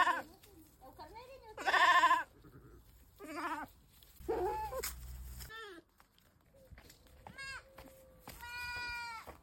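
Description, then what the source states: Goat bleats: several quavering bleats separated by quiet gaps, ending in a long clear bleat. Goat named Pepito.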